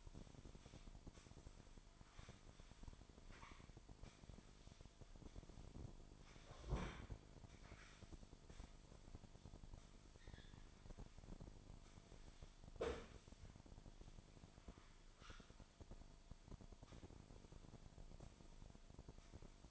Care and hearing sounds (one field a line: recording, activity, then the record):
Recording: daily activity, microphone in the room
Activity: sweep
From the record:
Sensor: 5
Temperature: 24.7 degrees Celsius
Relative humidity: 41.5%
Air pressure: 1003.2 hPa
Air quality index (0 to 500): 131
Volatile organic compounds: 1 ppm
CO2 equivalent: 963 ppm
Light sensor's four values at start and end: 46/110/46/51 and 47/111/47/52